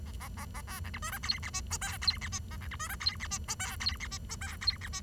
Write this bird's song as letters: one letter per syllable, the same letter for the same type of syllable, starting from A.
A A A A B C D E F G H I J K G H I A C D E F G H I J K G H I J K G H I